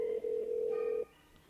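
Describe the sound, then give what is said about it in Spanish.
A telephone line tone on an outgoing call: a steady, fairly loud mid-pitched tone holds for about a second with one tiny break, then cuts off to faint hiss. No voices. “Vamos a marcarle. A ver si tenemos suerte.”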